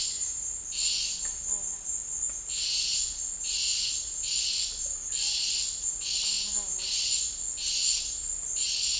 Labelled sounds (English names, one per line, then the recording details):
none
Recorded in dense forest near Puerto Asís, Putumayo, Colombia, on 26 December 2024 at 12:30
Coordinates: 0.484, -76.325
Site G056